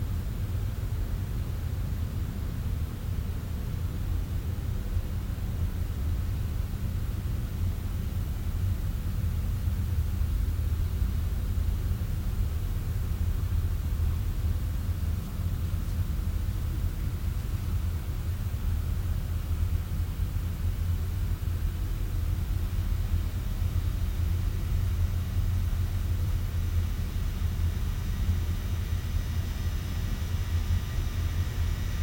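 A blended room tone holds steady for the whole stretch, a dense low rumble with a soft hiss spread above it. The level never shifts, and no distinct events break through; faint thin tones hum quietly in the upper range near the end.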